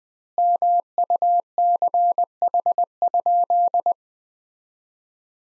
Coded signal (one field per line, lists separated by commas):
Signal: Morse code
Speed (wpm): 20 wpm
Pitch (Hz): 700 Hz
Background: none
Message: MUCH?